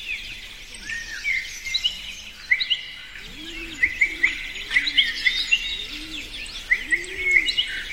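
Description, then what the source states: Bird song from several birds, with quick high chirps and short whistled notes over a steady hiss, plus soft low arching calls beneath. Birds singing in a forest.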